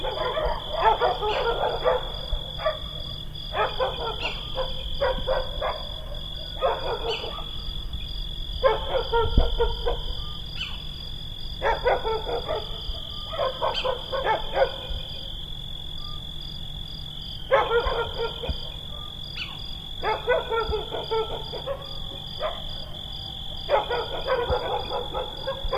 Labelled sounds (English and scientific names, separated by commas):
Little Owl (Athene noctua) call